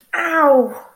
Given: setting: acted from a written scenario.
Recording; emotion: vocal sound without words; pain